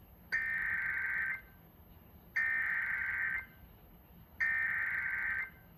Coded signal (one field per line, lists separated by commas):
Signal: Emergency Alert System (SAME) tones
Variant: header bursts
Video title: CATCHING UP ON THE COUNT - Alerts from 4/15/24 - 4/16/24 (EAS #1006 - 1024)